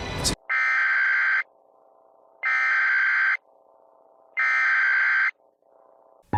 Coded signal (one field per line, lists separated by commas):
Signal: Emergency Alert System (SAME) tones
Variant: header bursts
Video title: EAS Scenario - JTK Rampage (60fps Version)